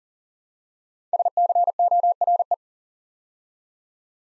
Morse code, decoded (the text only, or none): SCORE